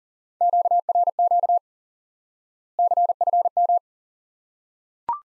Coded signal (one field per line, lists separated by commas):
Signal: Morse code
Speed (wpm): 40 wpm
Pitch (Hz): 700 Hz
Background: none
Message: QRQ CFM